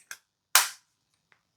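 An ornate snakeskin-patterned cap is pushed back onto a Lattafa Musamaam Black Intense perfume bottle, and after a faint brief tap at 0.1 s it snaps home with a sharp, loud click at 0.6 s that rings out briefly. The cap is seated securely, followed only by a tiny tick near 1.3 s.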